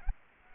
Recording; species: mosquito wingbeat signal from an infrared sensor; Aedes aegypti